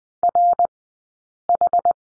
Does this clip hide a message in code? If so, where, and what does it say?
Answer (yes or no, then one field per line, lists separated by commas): yes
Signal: Morse code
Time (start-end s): 0.2-1.9 s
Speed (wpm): 20 wpm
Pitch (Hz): 700 Hz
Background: none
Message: RH